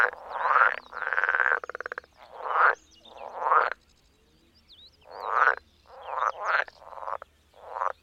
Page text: Голоса амфибий Лягушка прудовая (Pelophylax lessonae)